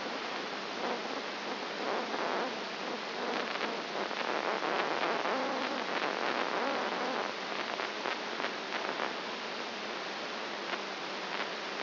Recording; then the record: brain microelectrode recording played as sound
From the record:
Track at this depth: outside the subthalamic nucleus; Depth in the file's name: 5.501 mm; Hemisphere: left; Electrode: 2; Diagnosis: Parkinson's disease